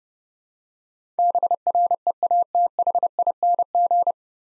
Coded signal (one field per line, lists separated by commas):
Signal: Morse code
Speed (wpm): 30 wpm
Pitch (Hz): 700 Hz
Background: none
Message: BREATHING